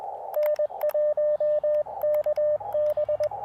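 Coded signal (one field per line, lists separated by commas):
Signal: Morse code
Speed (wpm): 21 wpm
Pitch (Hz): 590 Hz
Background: radio noise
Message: N1KB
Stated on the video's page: Park activation in CW, sent with KXPD2 paddles on an Elecraft KX2 with AX1 antenna, in wet weather and poor propagation.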